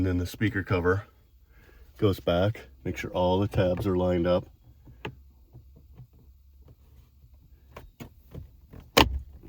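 Someone talks while lining up the tabs of a plastic dash speaker cover over the dashboard trim of a 2021–2025 Ford F-150 truck. This is followed by quiet handling with small sharp ticks near 5.1, 7.8 and 8.0 seconds and a louder knock at 9.0 seconds. The cover has not yet been pressed down and nothing has seated or clicked yet.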